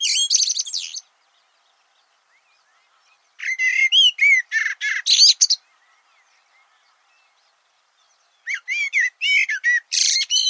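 Bird song in quick bursts of varied chirps and whistled notes, a short phrase at the start, a longer one near four seconds, another near nine, silent gaps between.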